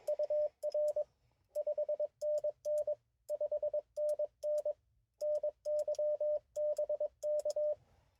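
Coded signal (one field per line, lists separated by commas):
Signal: Morse code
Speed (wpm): 21 wpm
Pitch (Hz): 590 Hz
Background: radio noise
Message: UR 5NN 5NN NYBK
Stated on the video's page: QRP CW Parks On The Air activation with an ICOM IC-705 and a Gabil GRA-7350TC antenna; bad QSB (fading) and poor weather.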